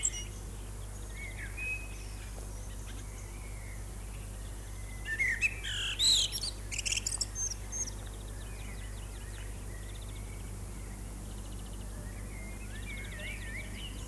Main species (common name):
Common Blackbird